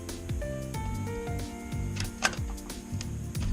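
Music plays while a RAM memory module is pressed evenly into a motherboard DIMM slot. A loud, sharp click at 2.3 s marks the plastic retention latch closing and moving forward. The module is seated.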